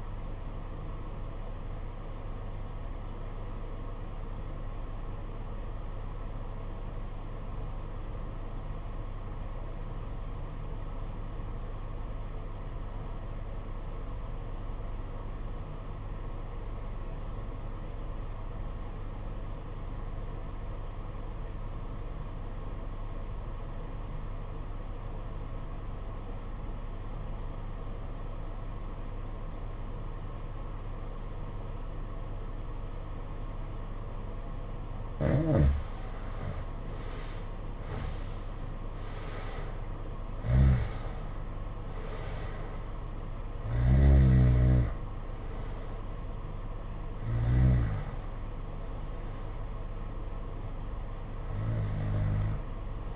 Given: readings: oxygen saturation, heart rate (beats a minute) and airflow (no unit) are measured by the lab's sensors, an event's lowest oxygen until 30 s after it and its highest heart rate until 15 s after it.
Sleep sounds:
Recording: breathing in sleep by a smartphone at the bedside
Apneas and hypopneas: 1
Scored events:
3.00-37.30 s: obstructive apnea (N2, oxygen 92% highest, then 75% lowest, heart rate 57 at the start, 86 highest)
18.00-48.00 s: new sleep stage, N1 (lightest sleep)
48.00-53.16 s: new sleep stage, REM sleep
From the record:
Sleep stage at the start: N2 (light sleep)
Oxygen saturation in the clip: 75 to 93%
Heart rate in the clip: 54 to 86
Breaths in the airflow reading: 6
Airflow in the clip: -12.8 to 11.2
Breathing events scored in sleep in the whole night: 476 in 9.7 hours asleep

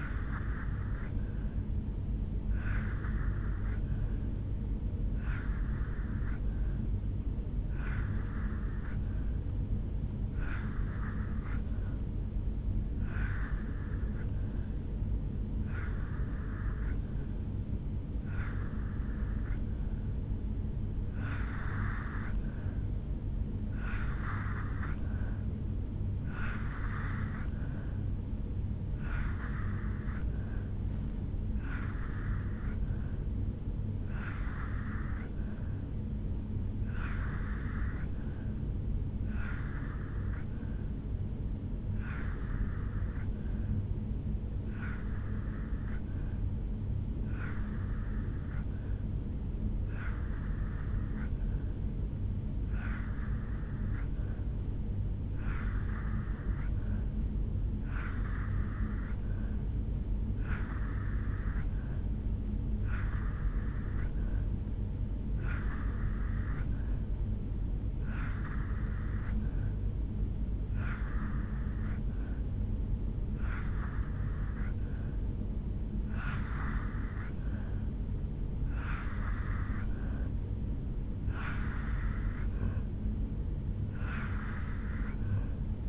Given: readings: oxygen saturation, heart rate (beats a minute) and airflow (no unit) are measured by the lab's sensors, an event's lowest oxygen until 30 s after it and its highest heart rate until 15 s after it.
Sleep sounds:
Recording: breathing in sleep by a smartphone at the bedside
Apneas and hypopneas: 1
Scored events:
20.00-80.00 s: new sleep stage, N3 (deep sleep)
38.00-56.40 s: hypopnea (N3, oxygen 87% highest, then 84% lowest, heart rate 72 at the start, 76 highest)
80.00-85.89 s: new sleep stage, N2 (light sleep)
From the record:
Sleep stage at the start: N2 (light sleep)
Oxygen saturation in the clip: 84 to 87%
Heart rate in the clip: 72 to 76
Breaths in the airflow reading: 31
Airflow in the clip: -2.0 to 0.9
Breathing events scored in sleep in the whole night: 449 in 7.0 hours asleep

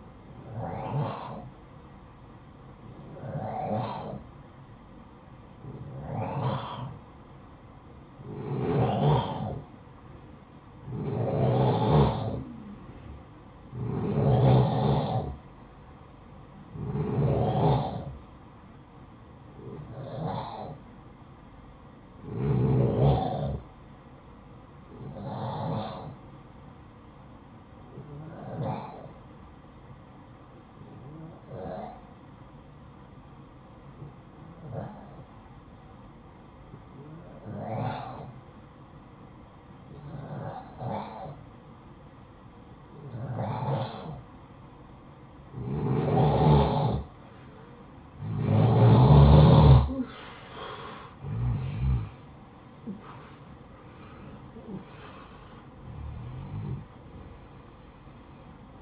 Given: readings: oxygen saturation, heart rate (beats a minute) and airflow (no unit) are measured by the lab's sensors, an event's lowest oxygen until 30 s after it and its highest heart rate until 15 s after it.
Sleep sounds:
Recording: breathing in sleep by a smartphone at the bedside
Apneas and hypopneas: none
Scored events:
55.00-58.82 s: new sleep stage, N1 (lightest sleep)
From the record:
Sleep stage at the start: N2 (light sleep)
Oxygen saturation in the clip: 89 to 92%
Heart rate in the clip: 53 to 78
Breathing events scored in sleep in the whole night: 573 in 9.8 hours asleep

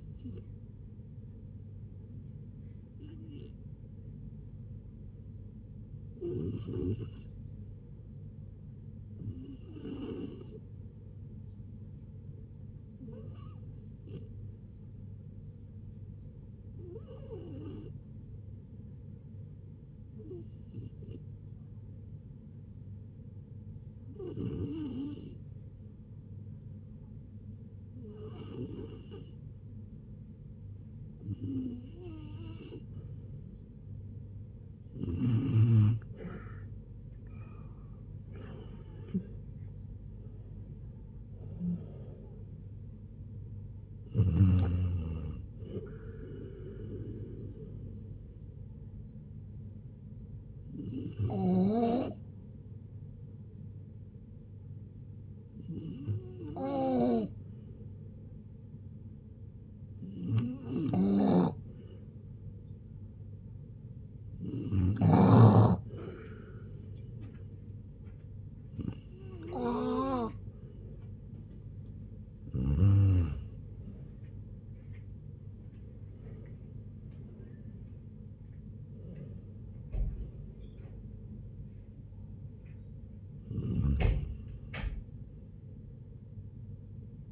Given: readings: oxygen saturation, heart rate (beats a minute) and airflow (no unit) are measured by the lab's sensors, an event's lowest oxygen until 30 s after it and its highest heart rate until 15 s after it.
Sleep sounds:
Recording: a person awake in a sleep study, by a smartphone at the bedside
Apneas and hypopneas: none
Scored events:
0.00-87.32 s: awake
0.00-87.32 s: awake
From the record:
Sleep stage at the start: awake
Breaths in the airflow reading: 29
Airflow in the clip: -0.7 to 0.8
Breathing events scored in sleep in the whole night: 496 in 5.4 hours asleep

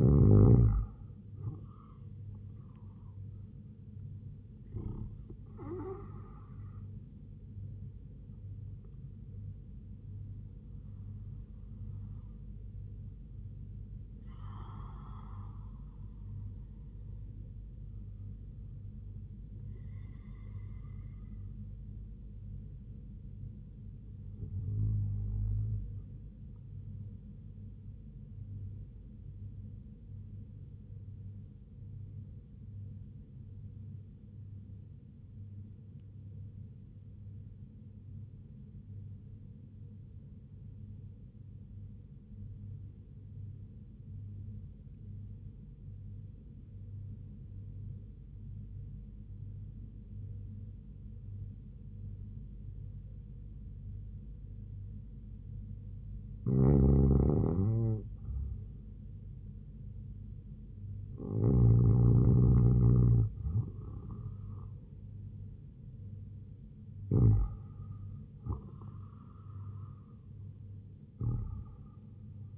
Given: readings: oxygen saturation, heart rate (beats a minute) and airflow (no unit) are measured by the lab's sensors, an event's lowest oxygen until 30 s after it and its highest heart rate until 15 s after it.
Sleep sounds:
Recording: breathing in sleep by a smartphone at the bedside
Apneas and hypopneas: 1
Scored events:
28.00-57.10 s: hypopnea (REM, oxygen 99% highest, then 94% lowest, heart rate 71 at the start, 78 highest)
From the record:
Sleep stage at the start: REM sleep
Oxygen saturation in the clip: 93 to 99%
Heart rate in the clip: 70 to 84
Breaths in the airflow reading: 13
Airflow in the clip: -4.3 to 6.5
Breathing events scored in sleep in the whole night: 158 in 7.3 hours asleep

